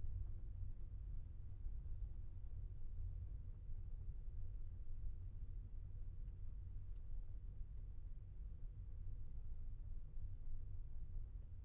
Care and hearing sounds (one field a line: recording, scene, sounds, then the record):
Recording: everyday scene through a hearing-aid microphone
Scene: in a vehicle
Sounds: engine, rumble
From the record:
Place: Skoda Fabia, gasoline engine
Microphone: behind the ear, left, rear